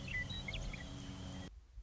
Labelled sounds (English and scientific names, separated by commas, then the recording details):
Western Meadowlark (Sturnella neglecta)
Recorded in Sonoma County, California